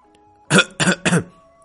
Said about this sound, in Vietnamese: Miêu Nghị hội vội ho một tiếng, đàm phán giá cả với vị này quả thực hắn không quen.